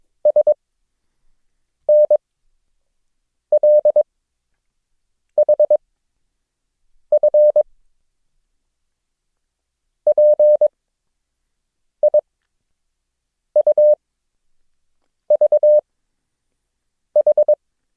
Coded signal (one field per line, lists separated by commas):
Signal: Morse code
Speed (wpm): 22 wpm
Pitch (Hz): 600 Hz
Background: none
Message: SNLHF PIUVH